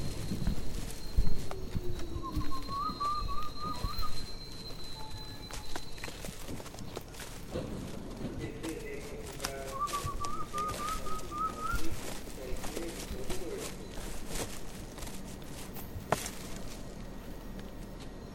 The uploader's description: Hike in Tambopata Reserve rainforest, Peru